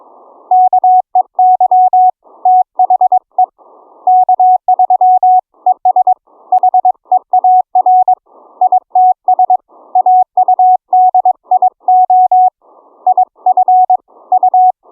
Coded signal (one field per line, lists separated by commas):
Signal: Morse code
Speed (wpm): 22 wpm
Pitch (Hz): 740 Hz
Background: none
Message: KEY THE K3 ES HEAR ITS AUDIO IF U